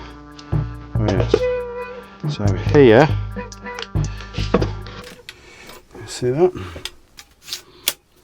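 Someone talks while handling a plastic push handle, fitting it toward its socket on a rolling caravan water carrier during assembly, with scattered light knocks and taps. The handle has not clicked or seated yet by the end of the clip.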